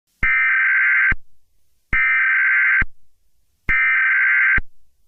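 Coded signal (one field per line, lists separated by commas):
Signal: Emergency Alert System (SAME) tones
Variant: header bursts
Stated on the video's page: Mock EAS law enforcement warning, simulated rather than a real alert.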